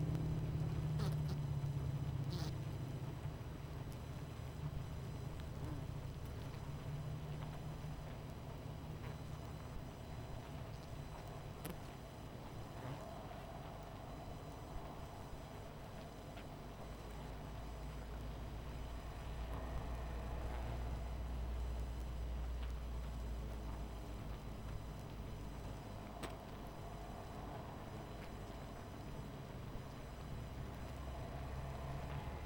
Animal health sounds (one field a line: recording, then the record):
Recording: honeybee colony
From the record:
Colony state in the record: missing queen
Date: 14 July 2017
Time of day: 21:39